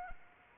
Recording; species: mosquito wingbeat signal from an infrared sensor; Anopheles arabiensis